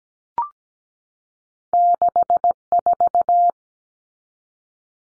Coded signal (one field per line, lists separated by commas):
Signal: Morse code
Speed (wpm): 17 wpm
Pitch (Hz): 700 Hz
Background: none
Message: 64